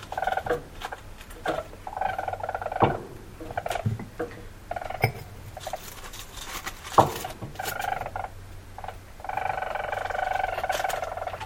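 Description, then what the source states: Weasel giving repeated pulsed trills in short bursts, broken by sharp clicks and knocks. Male.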